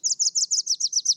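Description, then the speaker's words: Red Warbler song: a rapid series of about eight high, sweet, down-slurred notes, evenly repeated roughly every seventh of a second, on a quiet background. Sung only on sunny mornings during the breeding season, February to May; does not sing when cloudy; endemic to Mexican highlands in humid pine, oak and fir forest. "During the breeding season, between February and May, they happily sing on sunny mornings."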